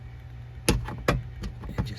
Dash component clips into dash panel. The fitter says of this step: snap it back in the dash just